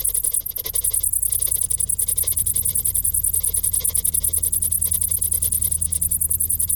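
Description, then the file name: Cricket calls, rapid high-pitched pulses repeated without pause, set against a strong low rumbling hum. "Grillen"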